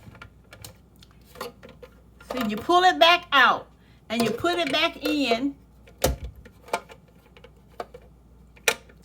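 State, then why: Seated. Someone talks while a plastic water filter holder is pulled out and pushed back into the water reservoir of a Keurig coffee maker, with light plastic clicks and handling sounds along the way. The holder snaps into place with a sharp click at 8.7 s and seats, then is twisted slightly.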